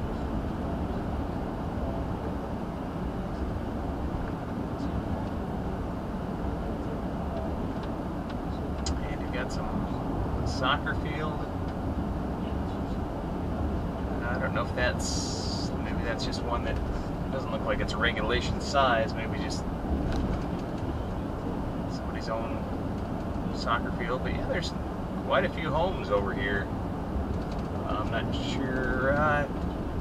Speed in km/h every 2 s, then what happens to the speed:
81, 79, 81, 81, 79, 77, 77, 77, 77, 77, 76, 74, 74, 74, 74.
0-30 steady at about 77.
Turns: none.